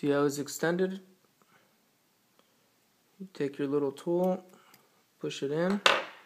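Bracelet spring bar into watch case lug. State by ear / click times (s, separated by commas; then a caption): not seated / none. Someone talks while using a small tool to push the extended spring bar of a G-Shock composite watch bracelet toward the lug hole of the watch case, with only faint small ticks at about 1.4 s and 2.4 s between the phrases. The spring bar has not clicked into the lug yet; nothing has seated.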